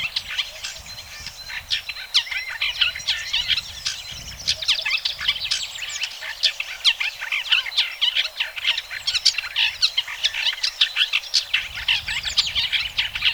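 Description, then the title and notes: Bird song in a busy, continuous chatter of sharp high chirps and quick trills, with occasional low background noise. Birdsong played for training pet birds to learn songs. "Suara Burung. Suara Kicauan Burung untuk memaster burung kesayangan"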